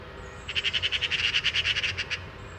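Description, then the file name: Eurasian magpie giving a harsh, rapid rattling chatter, many dry notes in a steady burst lasting under two seconds, then quiet. "Pica pica"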